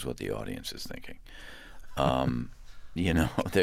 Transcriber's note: laughter